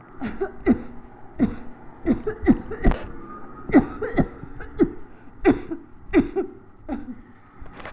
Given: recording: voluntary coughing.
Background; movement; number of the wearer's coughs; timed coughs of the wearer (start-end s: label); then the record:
traffic; sitting; 12
0.18-0.55 s: cough
0.64-1.03 s: cough
1.37-1.76 s: cough
2.04-2.36 s: cough
2.44-2.79 s: cough
2.81-3.18 s: cough
3.70-4.09 s: cough
4.09-4.71 s: cough
4.71-5.19 s: cough
5.29-5.85 s: cough
5.95-6.60 s: cough
6.86-7.20 s: cough
From the record:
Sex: female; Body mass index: 21.8 kg/m2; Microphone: on the chest, facing the body